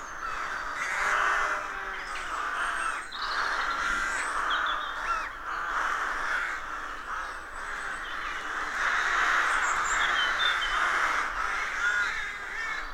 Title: Sound Escape 113. the stirring cacophony of a rook colony